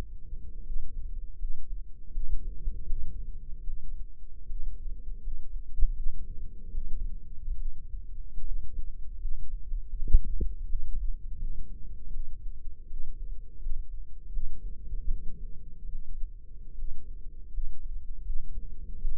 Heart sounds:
heart sounds by microphone in the left ear; 78 bpm
0.63 s: heartbeat
1.37 s: heartbeat
2.11 s: heartbeat
2.86 s: heartbeat
3.63 s: heartbeat
4.46 s: heartbeat
5.20 s: heartbeat
5.93 s: heartbeat
6.71 s: heartbeat
7.56 s: heartbeat
8.42 s: heartbeat
9.18 s: heartbeat
9.93 s: heartbeat
10.66 s: heartbeat
11.37 s: heartbeat
12.10 s: heartbeat
12.87 s: heartbeat
13.59 s: heartbeat
14.30 s: heartbeat
15.06 s: heartbeat
15.89 s: heartbeat
16.75 s: heartbeat
17.50 s: heartbeat
18.23 s: heartbeat
18.98 s: heartbeat
From the record:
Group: healthy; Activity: rest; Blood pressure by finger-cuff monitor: 138/78 mmHg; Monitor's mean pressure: 95 mmHg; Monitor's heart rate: 79 bpm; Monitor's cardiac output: 7.1 L/min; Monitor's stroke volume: 90 mL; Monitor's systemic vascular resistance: 980 dyn s/cm5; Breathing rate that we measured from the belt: 15 breaths a minute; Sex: female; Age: 22 years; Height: 171 cm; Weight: 65.6 kg

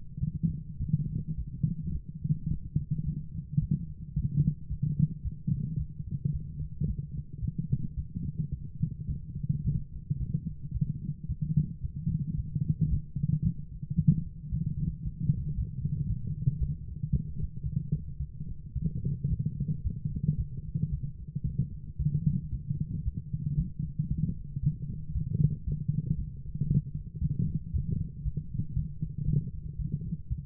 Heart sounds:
heart sounds by stethoscope; 112 bpm
0.19 s: heartbeat
0.78 s: heartbeat
1.35 s: heartbeat
1.92 s: heartbeat
2.48 s: heartbeat
3.04 s: heartbeat
3.60 s: heartbeat
4.14 s: heartbeat
4.69 s: heartbeat
5.23 s: heartbeat
5.77 s: heartbeat
6.31 s: heartbeat
6.86 s: heartbeat
7.40 s: heartbeat
7.95 s: heartbeat
8.50 s: heartbeat
9.07 s: heartbeat
9.62 s: heartbeat
10.18 s: heartbeat
10.72 s: heartbeat
11.27 s: heartbeat
11.81 s: heartbeat
12.36 s: heartbeat
12.89 s: heartbeat
13.43 s: heartbeat
13.96 s: heartbeat
14.50 s: heartbeat
15.03 s: heartbeat
15.56 s: heartbeat
16.08 s: heartbeat
16.59 s: heartbeat
17.11 s: heartbeat
17.63 s: heartbeat
18.18 s: heartbeat
18.74 s: heartbeat
19.28 s: heartbeat
19.82 s: heartbeat
20.36 s: heartbeat
20.90 s: heartbeat
21.43 s: heartbeat
21.97 s: heartbeat
22.51 s: heartbeat
23.04 s: heartbeat
23.56 s: heartbeat
24.08 s: heartbeat
24.61 s: heartbeat
25.13 s: heartbeat
25.65 s: heartbeat
26.17 s: heartbeat
26.68 s: heartbeat
27.20 s: heartbeat
27.72 s: heartbeat
28.23 s: heartbeat
28.75 s: heartbeat
29.26 s: heartbeat
29.77 s: heartbeat
30.29 s: heartbeat
From the record:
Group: healthy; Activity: light exercise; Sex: female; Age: 24 years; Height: 163 cm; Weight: 55.7 kg

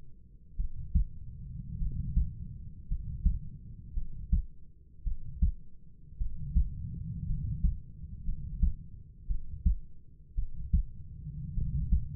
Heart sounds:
heart sounds by stethoscope; 55 bpm
0.57 s: heartbeat
1.79 s: heartbeat
2.88 s: heartbeat
3.94 s: heartbeat
5.04 s: heartbeat
6.18 s: heartbeat
7.27 s: heartbeat
8.25 s: heartbeat
9.27 s: heartbeat
10.35 s: heartbeat
11.54 s: heartbeat
From the record:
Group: healthy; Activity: rest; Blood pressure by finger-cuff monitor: 104/52 mmHg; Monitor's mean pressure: 65 mmHg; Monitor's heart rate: 54 bpm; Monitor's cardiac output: 4.9 L/min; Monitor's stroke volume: 89 mL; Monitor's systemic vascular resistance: 950 dyn s/cm5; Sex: male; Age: 25 years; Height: 170 cm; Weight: 70.4 kg

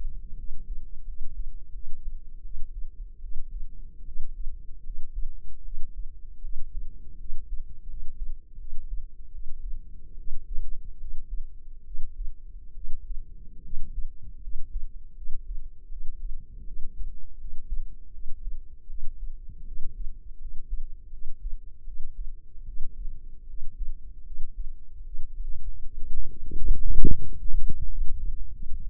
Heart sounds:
heart sounds by microphone in the left ear; 79 bpm
0.34 s: heartbeat
1.03 s: heartbeat
1.70 s: heartbeat
2.40 s: heartbeat
3.18 s: heartbeat
4.03 s: heartbeat
4.81 s: heartbeat
5.61 s: heartbeat
6.39 s: heartbeat
7.15 s: heartbeat
7.84 s: heartbeat
8.55 s: heartbeat
9.29 s: heartbeat
10.14 s: heartbeat
10.96 s: heartbeat
11.82 s: heartbeat
12.71 s: heartbeat
13.60 s: heartbeat
14.38 s: heartbeat
15.12 s: heartbeat
15.86 s: heartbeat
16.62 s: heartbeat
17.35 s: heartbeat
18.09 s: heartbeat
18.85 s: heartbeat
19.62 s: heartbeat
20.36 s: heartbeat
21.08 s: heartbeat
21.82 s: heartbeat
22.63 s: heartbeat
23.44 s: heartbeat
24.22 s: heartbeat
25.02 s: heartbeat
25.81 s: heartbeat
26.53 s: heartbeat
27.21 s: heartbeat
27.86 s: heartbeat
28.49 s: heartbeat
From the record:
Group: healthy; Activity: rest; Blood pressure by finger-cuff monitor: 126/73 mmHg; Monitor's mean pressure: 91 mmHg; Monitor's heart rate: 78 bpm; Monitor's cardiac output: 7.1 L/min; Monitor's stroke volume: 90 mL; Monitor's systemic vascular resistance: 950 dyn s/cm5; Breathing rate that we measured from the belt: 19 breaths a minute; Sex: female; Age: 23 years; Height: 160 cm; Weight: 50.4 kg

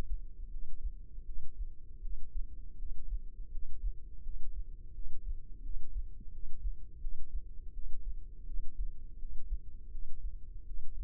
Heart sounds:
heart sounds by microphone in the left ear; 83 bpm
0.48 s: heartbeat
1.23 s: heartbeat
2.00 s: heartbeat
2.76 s: heartbeat
3.49 s: heartbeat
4.21 s: heartbeat
4.92 s: heartbeat
5.61 s: heartbeat
6.30 s: heartbeat
6.99 s: heartbeat
7.71 s: heartbeat
8.44 s: heartbeat
9.17 s: heartbeat
9.89 s: heartbeat
10.64 s: heartbeat
From the record:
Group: healthy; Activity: cold pressor test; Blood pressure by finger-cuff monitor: 72/53 mmHg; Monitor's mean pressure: 60 mmHg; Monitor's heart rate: 83 bpm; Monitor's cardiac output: 6.4 L/min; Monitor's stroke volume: 77 mL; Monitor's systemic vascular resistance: 660 dyn s/cm5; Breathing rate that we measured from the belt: 20 breaths a minute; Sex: female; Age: 19 years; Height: 163 cm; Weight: 48.9 kg

